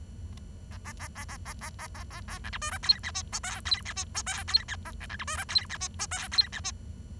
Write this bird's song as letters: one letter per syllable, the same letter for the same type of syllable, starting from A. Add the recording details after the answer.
A A A A A A A A A A B C D E F G H I J K G H I J K G H A C C D E F G H I J K G H I. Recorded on 23 June 2012 at 08:11. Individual gr41rd51